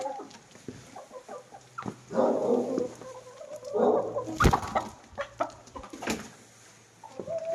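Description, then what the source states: Chicken: hens clucking in low, scattered bursts, with sharp knocks and clatter between calls. Hens clucking while eating in the recordist's own henhouse.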